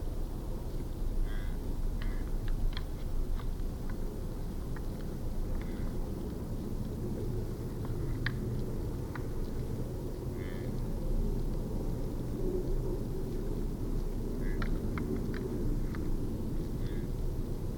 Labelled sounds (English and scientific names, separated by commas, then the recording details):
Fallow Deer (Dama dama) call
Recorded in the wild
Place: Schorfheide, Brandenburg, DE
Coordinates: 52.907, 13.531
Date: 1989-11-01
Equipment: Nagra III BH, Sennheiser MD 21, parabola
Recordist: Schubert, Michael
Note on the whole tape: Damwild, zwei kämpfende Schaufler, nasale Kurzrufe und Schnauben